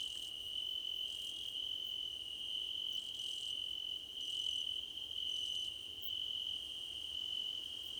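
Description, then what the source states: Crickets singing, a steady shrill trill with several louder chirp bursts above it. Crickets in a choir competition.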